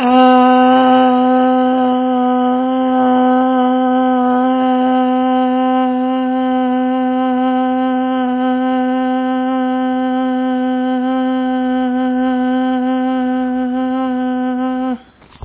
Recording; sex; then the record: sustained vowel /a/; female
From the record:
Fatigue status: no fatigue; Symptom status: asymptomatic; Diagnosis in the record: COVID-19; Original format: 3gp